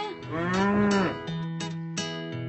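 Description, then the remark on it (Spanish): A cow lets out one long, loud moo whose pitch swells up and then sinks, followed by a steady low drone punctuated by a few soft clunks. “La vaca daba zumo en vez de leche.”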